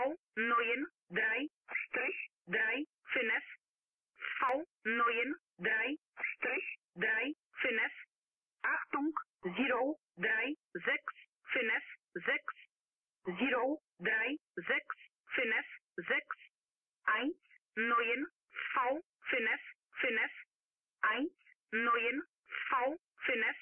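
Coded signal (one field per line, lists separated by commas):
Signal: numbers station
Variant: G11, German voice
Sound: female voice reading German numbers in groups, repeated, with 'Strich' and 'Achtung'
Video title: Zahlensender/Number Station "G11" ("Strich") (Polen/Poland) (1978-1998 / 2007-2014)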